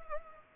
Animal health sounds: mosquito wingbeat signal from an infrared sensor; Culex pipiens

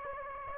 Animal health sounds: mosquito wingbeat signal from an infrared sensor; Aedes aegypti

